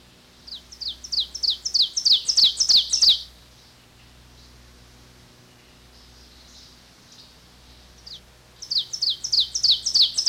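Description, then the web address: Ovenbird song, rapid series of ringing notes swelling louder toward the end, a pause of several seconds, then the same building series again. "101 Bird Songs. Ovenbird"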